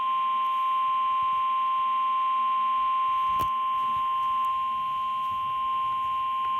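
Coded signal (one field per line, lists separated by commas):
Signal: Emergency Alert System (SAME) tones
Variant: 1050 Hz attention tone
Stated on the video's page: Flash flood and severe thunderstorm warnings from weather radio WXL40 and relayed on FM stations WSOX, WGTY, WWKL, WFVY.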